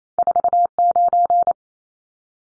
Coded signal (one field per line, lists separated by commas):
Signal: Morse code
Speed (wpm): 28 wpm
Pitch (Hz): 700 Hz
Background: none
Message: 49